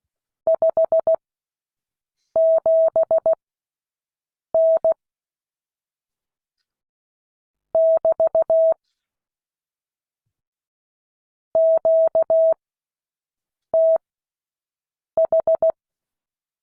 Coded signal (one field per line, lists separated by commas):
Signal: Morse code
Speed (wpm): 16 wpm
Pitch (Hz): 650 Hz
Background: none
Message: 57N <BT> QTH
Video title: Morse code class 2022 11 18